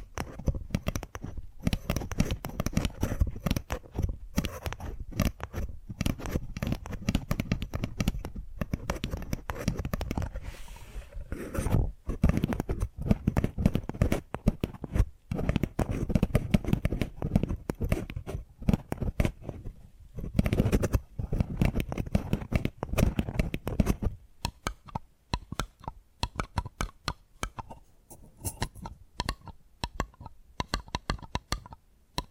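Close, rapid tapping in a small, quiet room, with sharp knocks that have a full, thumpy low end. The taps come in dense, fast flurries for the first twenty-odd seconds, then turn sparser and more irregular, with short pauses between bursts.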